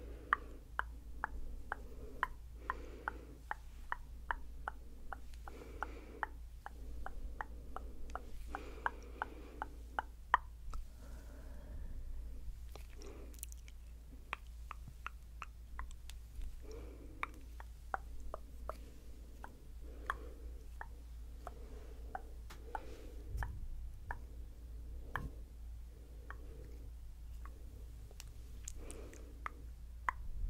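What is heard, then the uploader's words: Crisp tongue clicks and wet plopping sounds repeat in quick bursts throughout, often several per second, with brief pauses between runs. Soft rustling hand movements fill the gaps, over a constant low hum. ASMR Tingly Hand Movements & Tongue Clicking.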